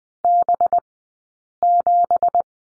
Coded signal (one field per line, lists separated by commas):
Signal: Morse code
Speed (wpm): 20 wpm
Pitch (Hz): 700 Hz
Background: none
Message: B7